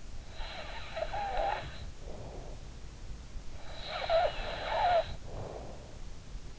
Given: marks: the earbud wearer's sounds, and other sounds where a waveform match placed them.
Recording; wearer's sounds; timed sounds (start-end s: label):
sounds in sleep by an in-ear microphone; snoring breath
0.00-2.63 s: snoring breath
3.65-5.94 s: snoring breath